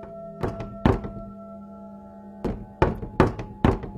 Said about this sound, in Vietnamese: Đang lim dim ngủ thì bên ngoài cửa sổ buồng lão, chỗ hướng ra vườn, có tiếng gõ cửa cộng cộc cộng cộc.